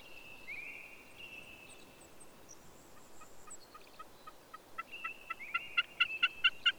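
Bird song opening with a long steady whistle, then quickening repeated notes that build into a loud accelerating series, under a second whistle.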